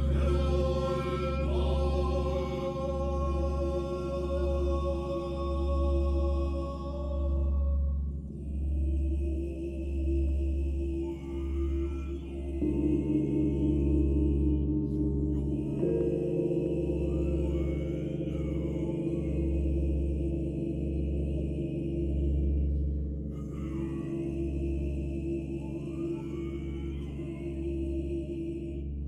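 Buddhist chanting with singing bells: a deep, droning vocal line holds steady throughout, pulsing gently in a slow, regular rhythm. Ringing bell tones sustain above it, shifting pitch near 8, 12 and 16 seconds, while bright, wavering overtones swell and fade every few seconds.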